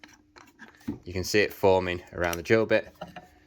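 A drill bit sits in the plastic keyless chuck of a Ferrex (Aldi) cordless combi drill as the chuck is slowly hand-tightened around it, while someone talks over faint handling noise. The chuck has not clicked tight yet, and nothing has seated.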